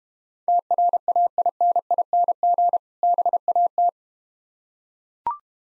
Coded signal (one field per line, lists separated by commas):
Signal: Morse code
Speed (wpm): 31 wpm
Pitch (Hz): 700 Hz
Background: none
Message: TRAINING BAT